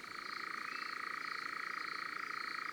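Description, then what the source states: European nightjar churring: a continuous, even purr of rapid pulses that holds steady in pitch and never breaks. June bird song; purrs like a small motor.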